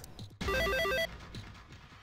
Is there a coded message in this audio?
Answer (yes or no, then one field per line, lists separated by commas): no